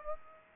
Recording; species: mosquito wingbeat signal from an infrared sensor; Aedes aegypti